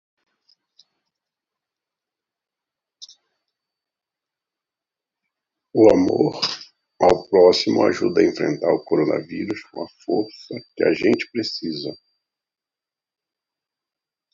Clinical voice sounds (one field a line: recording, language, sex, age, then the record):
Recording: spoken sentence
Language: Brazilian Portuguese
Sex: male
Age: 50 to 59 years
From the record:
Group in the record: control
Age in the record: 51 years